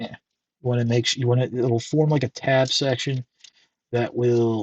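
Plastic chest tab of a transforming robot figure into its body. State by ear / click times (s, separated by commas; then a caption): not seated / none. Someone talks while handling a Transformers Studio Series Nightbird figure, pushing the plastic chest section of the transforming robot in toward its body so its tab section will snap into place. Nothing has seated or clicked yet; only speech is heard.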